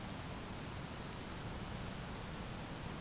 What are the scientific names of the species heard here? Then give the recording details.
none. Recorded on Arctic tundra, site ZACK-1, on 12 June 2019. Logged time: 05:49